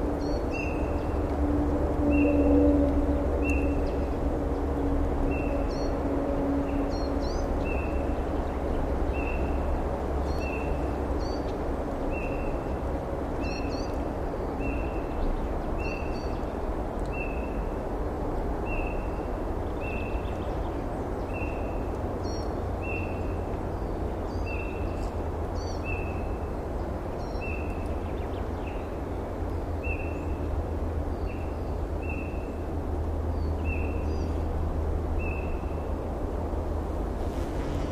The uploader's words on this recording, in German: Vogelstimmen werden langsam immer mehr und die Sonne wärmt die Luft im Wald. Spring seems to be almost here again.